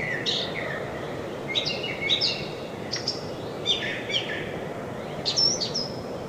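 Brown thrasher song: a run of varied high phrases and slurred whistles against constant background noise.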